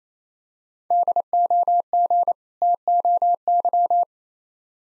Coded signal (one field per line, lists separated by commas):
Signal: Morse code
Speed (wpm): 28 wpm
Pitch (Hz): 700 Hz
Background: none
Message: DOG TOY